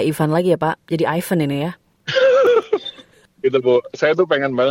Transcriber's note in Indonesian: tertawa